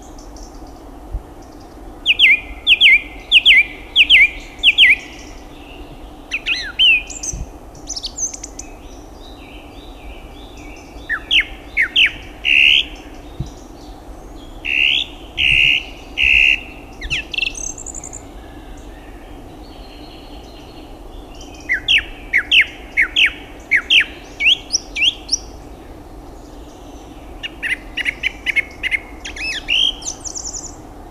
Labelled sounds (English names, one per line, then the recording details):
Song Thrush song
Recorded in the wild
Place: Elberschwenden, Baden-Württemberg, DE
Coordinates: 48.9364, 10.2539
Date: 1970-06-17
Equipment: Uher Report 4200, AKG D190C in Doppel-Parabolreflektor
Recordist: Krey, Winfried